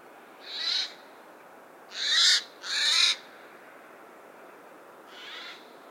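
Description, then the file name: Eurasian jay giving four harsh, rasping screeches, the middle two loudest and close together, the last fainter, over a quiet background. "Garrulus glandarius"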